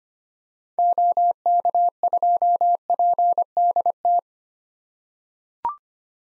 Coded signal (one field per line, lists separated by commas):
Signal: Morse code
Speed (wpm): 25 wpm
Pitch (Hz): 700 Hz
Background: none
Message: OK2PDT